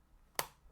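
A plastic receipt paper cover on a KCP-P4200N card payment terminal, just loaded with a thermal receipt paper roll, is pressed closed at its centre. It latches with a single sharp snap at 0.4 s, and the cover is seated shut.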